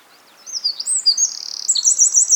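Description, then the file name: Eurasian wren song: a rushed string of piercing, high notes that turns into a fast, rhythmic trill. "Troglodytes troglodytes"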